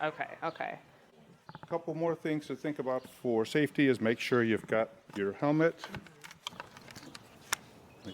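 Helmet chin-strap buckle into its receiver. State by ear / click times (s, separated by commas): seated / 7.5 s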